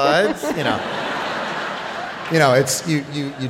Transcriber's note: soundbite of laughter